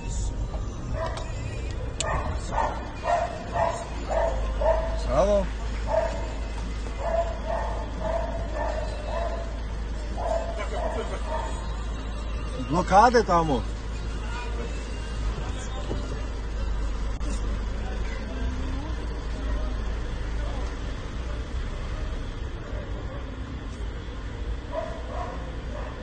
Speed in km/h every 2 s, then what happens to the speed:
7, 0, 0, 0, 0, 0, 0, 0, 0, 4, 4, 0, 0.
1-26 standing.